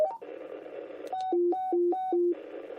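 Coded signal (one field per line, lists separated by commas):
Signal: roger beep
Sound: short melodic beep alternating high and low tones three times, then hiss returns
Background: radio static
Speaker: Oh, that's like that's like the 9900 bleep.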